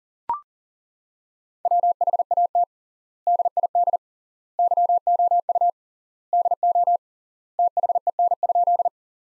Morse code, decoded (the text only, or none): WHAT DID YOU DO THEN?